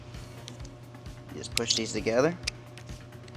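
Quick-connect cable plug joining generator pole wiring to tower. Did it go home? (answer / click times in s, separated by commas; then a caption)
no / none. The two halves of a quick-connect electrical plug, running from the pole to the tower, are handled before being pushed together. Someone talks over a steady low hum while faint taps sound at about 0.5, 0.7, 1.1, 2.8 and 3.3 seconds. Nothing has seated or clicked yet.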